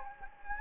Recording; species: mosquito wingbeat signal from an infrared sensor; Anopheles gambiae